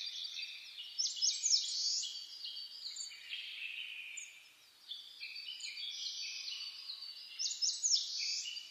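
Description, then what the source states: Dense overlapping birdsong, quick high trills and chirps, dipping briefly quieter near five seconds before resuming. Dawn chorus (reimei) recorded on 10 May 2010.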